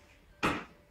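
The tiller or seat post of a Shoprider GK10 scooter, which had dropped back down, is lifted back up into its locking mechanism. A loud, sharp click is heard at 0.4 s and fades over about a quarter second. The latch clicks into place and the part is seated.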